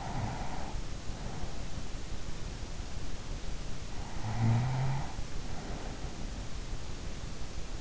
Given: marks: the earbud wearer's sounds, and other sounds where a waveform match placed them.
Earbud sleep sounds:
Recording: sounds in sleep by an in-ear microphone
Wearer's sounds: snoring breath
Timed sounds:
0.00-2.05 s: snoring breath
4.23-6.51 s: snoring breath

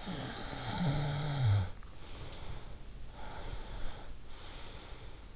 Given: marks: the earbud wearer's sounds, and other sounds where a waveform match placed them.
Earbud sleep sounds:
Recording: sounds in sleep by an in-ear microphone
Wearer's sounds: snoring breath, breath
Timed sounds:
0.02-2.81 s: snoring breath
3.21-5.36 s: breath

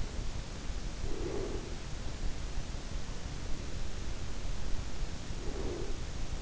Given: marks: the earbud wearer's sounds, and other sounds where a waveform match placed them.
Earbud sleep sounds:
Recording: sounds in sleep by an in-ear microphone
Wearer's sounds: breath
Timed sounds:
1.13-2.06 s: breath
5.01-6.42 s: breath

